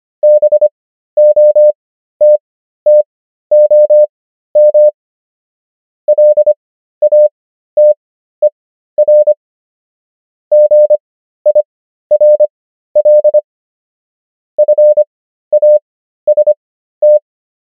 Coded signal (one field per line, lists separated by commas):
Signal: Morse code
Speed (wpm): 25 wpm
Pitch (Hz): 600 Hz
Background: none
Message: BOTTOM LATER GIRL FAST